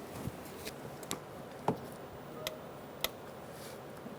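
A torque wrench set to 10 ft-lb tightens the coolant temperature sensor into the metal engine housing of a 2004-2009 Mazda 3. Several faint ticks sound at about 1.1, 1.7 and 2.5 seconds. The sharp click of the wrench reaching its setting comes at 3.0 seconds, confirming the sensor is torqued.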